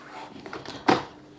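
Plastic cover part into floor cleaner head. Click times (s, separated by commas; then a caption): 0.9 s. Two plastic parts of a Dyson WashG1 hard floor cleaner's head are clicked back together and slotted into the side. A few light plastic taps at about 0.5, 0.5 and 0.7 seconds lead up to a louder, sharper click at 0.9 seconds, as the parts seat in place.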